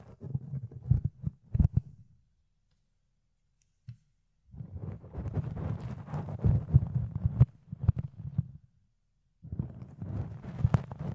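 Fluffy ear cleaning makes dense, muffled scratching and rubbing in bursts, with sharp clicks, silent gaps near two and nine seconds, then resuming.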